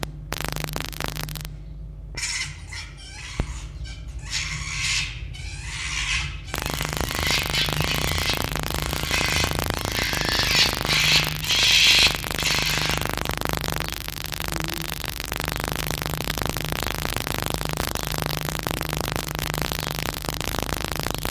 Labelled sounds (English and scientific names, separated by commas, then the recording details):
Red Fox (Vulpes vulpes)
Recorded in captivity
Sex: group
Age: adult
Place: Zoologisches Institut der HUB, Berlin, DE
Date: 1956-02-20
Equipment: Elmetra
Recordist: Tembrock, Günter